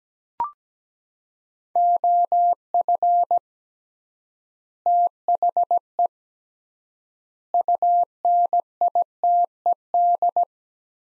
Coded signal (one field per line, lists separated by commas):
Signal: Morse code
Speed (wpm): 17 wpm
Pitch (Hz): 700 Hz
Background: none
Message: OF THE UNITED